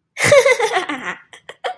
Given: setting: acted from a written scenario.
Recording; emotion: vocal sound without words; amusement